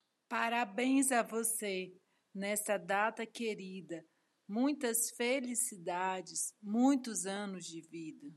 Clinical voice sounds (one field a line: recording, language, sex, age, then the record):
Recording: short text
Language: Brazilian Portuguese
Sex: female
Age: 30 to 39 years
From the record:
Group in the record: control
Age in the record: 37 years